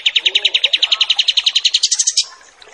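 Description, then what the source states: Pied triller song: a fast, even trill of about twenty sharp notes over two seconds, rising slightly in pitch at the end before stopping. Wild bird; master training audio for teaching song to other birds.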